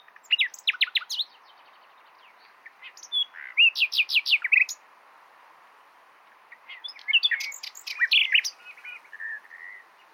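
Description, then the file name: Common nightingale song in separate bursts: fast repeated chirps, a rapid rattling series, a pause, then a jumbled phrase ending in a thin whistle. "Luscinia megarhynchos"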